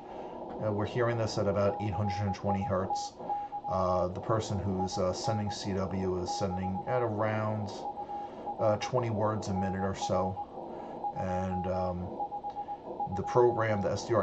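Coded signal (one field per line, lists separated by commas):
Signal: Morse code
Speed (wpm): 18 wpm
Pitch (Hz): 820 Hz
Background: speech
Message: CITY IN <BT> UR NR 252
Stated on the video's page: Morse received with an RTL-SDR V4 in SDRangel.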